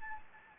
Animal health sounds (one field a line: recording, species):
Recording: mosquito wingbeat signal from an infrared sensor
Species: Anopheles gambiae